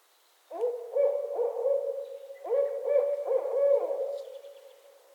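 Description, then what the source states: Barred owl calling in two bursts of rolling, excited hoots, fading away at the end. Owls calling during mating season in northern Michigan.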